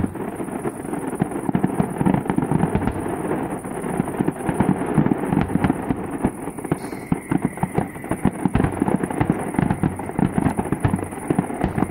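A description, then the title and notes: Fireworks in Carcassonne crackle and pop in a dense, continuous barrage, sharp bursts tumbling over a low rumbling roar for the whole stretch. BASTILLE DAY - Fireworks In Carcassonne. This is the ending of the legendary Carcassonne fireworks.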